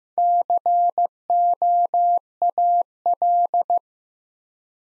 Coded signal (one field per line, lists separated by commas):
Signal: Morse code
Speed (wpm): 15 wpm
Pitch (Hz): 700 Hz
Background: none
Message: COAL